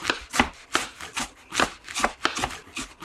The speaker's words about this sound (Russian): Представьте, что вы режете овощи на кухне. Работая, мы естественным образом входим в определенный ритм. Нож механически стучит по доске. Тук-тук-тук.